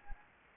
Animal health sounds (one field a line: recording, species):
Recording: mosquito wingbeat signal from an infrared sensor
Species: Anopheles gambiae